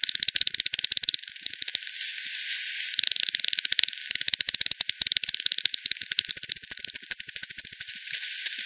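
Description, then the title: Bats clicking: fast, sharp ticks pour out in overlapping streams, speeding up and slowing again, with a faint hiss beneath throughout. Multiple bats at Hogsmill River by Hogsmill Lane, 7 October 2020 at 18:10; frequency-division bat detector recording (FD10), band-pass filtered and resampled. "WW bat 20201007 T 18 : 10 Z-Hogsmill-Lane-Hogsmill-River-multiple-bats"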